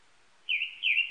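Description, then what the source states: Japanese thrush giving two clear whistled notes, each slightly wavering. Recorded 19 April 1998.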